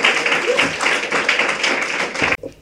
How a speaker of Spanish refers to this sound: Un aplauso muy grande.